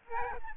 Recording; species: mosquito wingbeat signal from an infrared sensor; Aedes albopictus